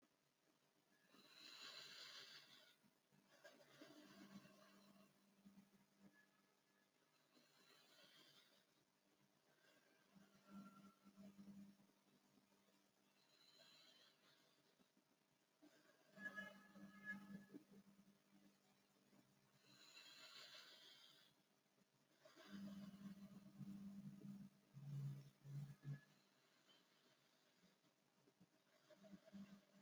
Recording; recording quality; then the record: deep breathing; moderate, slight background noise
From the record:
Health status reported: respiratory illness, not identified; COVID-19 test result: negative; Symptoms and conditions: cough, cold, sore throat, fever, fatigue, muscle pain, loss of smell and taste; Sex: female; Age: 43 years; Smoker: not ticked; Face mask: not worn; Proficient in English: yes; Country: India